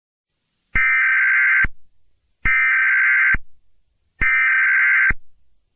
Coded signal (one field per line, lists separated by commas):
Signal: Emergency Alert System (SAME) tones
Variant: header bursts